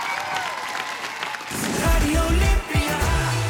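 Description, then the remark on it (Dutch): Steady applause from a crowd for Olympic champion Epke Zonderland, a dense crackle of clapping that swells louder halfway through, joined by deeper cheering voices and whoops. “Mag ik een daverend vanuit uw knieën applaus op 180% voor Olympisch kampioen Epke Zonderland.”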